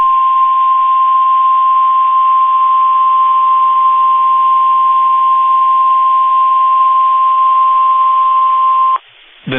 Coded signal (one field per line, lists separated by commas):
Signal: Emergency Alert System (SAME) tones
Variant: 1050 Hz attention tone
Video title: Severe Thunderstorm Warning (Bailey and Lamb Counties, TX) (4/25/25) [EAS #149]